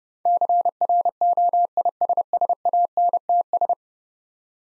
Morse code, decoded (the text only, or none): CROISSANTS